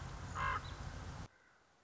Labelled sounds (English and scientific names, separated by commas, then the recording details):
Common Raven (Corvus corax)
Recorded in Sonoma County, California